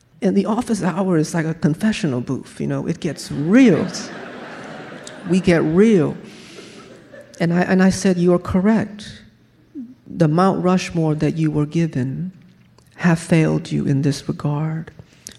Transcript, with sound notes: And the office hour is like a confessional booth, you know? It gets real.
(LAUGHTER)
We get real. And I said, you're correct. The Mount Rushmore that you were given have failed you in this regard.